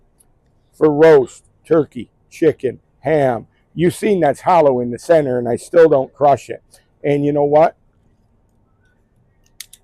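A German carving knife blade is slid back into its slot in the holder on a cutting board. Someone talks through most of the clip, then near the end a few faint ticks lead into a sharp hit at 9.6 s as the blade seats.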